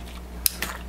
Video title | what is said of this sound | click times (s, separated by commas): Brother MFC J5920dw Unboxing & Setup | So what you do is you just, there's an arrow on this green thing. Push it off to the side till it clicks. This pops off. | 0.5 s